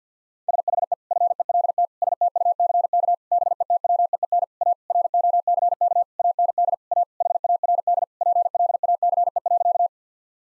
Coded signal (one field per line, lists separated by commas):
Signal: Morse code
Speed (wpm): 50 wpm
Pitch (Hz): 700 Hz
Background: none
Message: SHE FELT STUCK BETWEEN A ROCK AND A HARD PLACE.